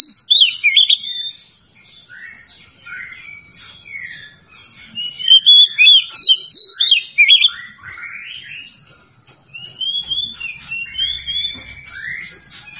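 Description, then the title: Oriental magpie-robin song, mixing sweet, slurred whistles with a fast burst of repeated sharp notes in the middle and gentler whistled phrases toward the end. "Kacer"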